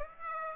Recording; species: mosquito wingbeat signal from an infrared sensor; Aedes aegypti